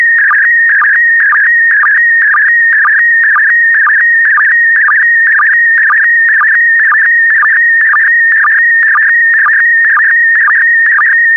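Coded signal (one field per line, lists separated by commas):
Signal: SSTV (slow-scan television)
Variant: PD120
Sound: steady warbling whistle around 1.9 kHz with rhythmic low chirps about twice a second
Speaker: complete. You can now check your decoded image against the picture that is shown on the video.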